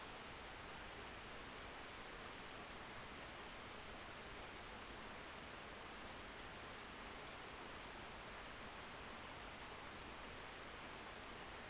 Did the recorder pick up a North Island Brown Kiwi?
no